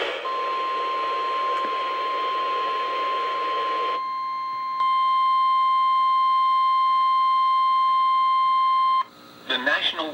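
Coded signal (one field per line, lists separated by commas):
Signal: Emergency Alert System (SAME) tones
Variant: 1050 Hz attention tone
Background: speech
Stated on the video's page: EAS tones from NOAA weather radio stations KHB36 and WXM42, covering a required weekly test and severe thunderstorm warnings and watches.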